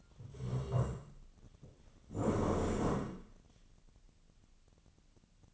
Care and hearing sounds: daily activity, microphone in the room; stand up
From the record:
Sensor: 4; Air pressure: 1013.1 hPa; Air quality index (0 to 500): 174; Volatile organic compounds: 2 ppm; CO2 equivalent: 1100 ppm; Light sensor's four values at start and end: 54/132/56/60 and 53/131/55/59

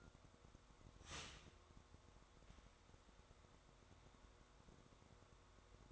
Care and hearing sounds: daily activity, microphone in the room; start toaster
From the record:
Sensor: 3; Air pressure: 1004.2 hPa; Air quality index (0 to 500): 200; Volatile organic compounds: 15 ppm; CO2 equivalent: 2506 ppm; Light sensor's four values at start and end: 4/11/4/4 and 4/11/4/4

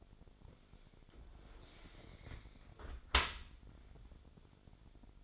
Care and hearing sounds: daily activity, microphone in the room; close dishwasher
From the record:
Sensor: 5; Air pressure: 1006.8 hPa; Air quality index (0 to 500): 184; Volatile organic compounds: 5 ppm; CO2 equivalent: 1756 ppm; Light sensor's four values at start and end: 53/149/58/59 and 52/145/57/57

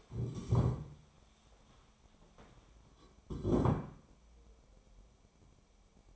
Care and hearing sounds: daily activity, microphone in the room; stand up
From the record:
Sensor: 1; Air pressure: 1015.2 hPa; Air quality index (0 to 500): 196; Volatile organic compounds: 22 ppm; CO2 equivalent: 2750 ppm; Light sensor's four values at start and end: 12/30/12/13 and 12/28/12/13

